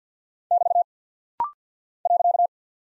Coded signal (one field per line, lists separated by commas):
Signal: Morse code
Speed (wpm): 48 wpm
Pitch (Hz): 700 Hz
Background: none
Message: <BT> .